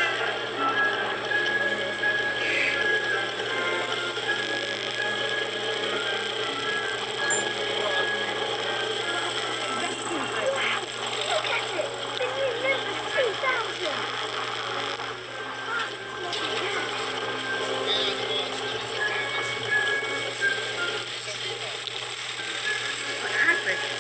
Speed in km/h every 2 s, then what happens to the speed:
26, 24, 24, 27, 30, 29, 30, 29, 27, 25, 23, 20.
4-8 speeds up to 30. 8-13 steady at about 30. 13-24 slows to 20.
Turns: none.